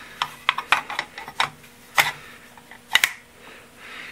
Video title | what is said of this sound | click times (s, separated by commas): SNIPER RIFLE CRAZY.wmv | good positive click | 3.0 s